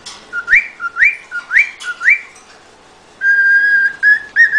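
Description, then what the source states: Cockatiel song with four rapid upward-swept whistles in a row, followed by a long steady whistle and two shorter ones. Song for training cockatiels.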